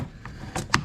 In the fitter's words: Push that down, get a lock all the way at the bottom.